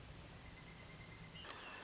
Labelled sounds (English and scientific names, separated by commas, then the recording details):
Pileated Woodpecker (Dryocopus pileatus)
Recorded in Sonoma County, California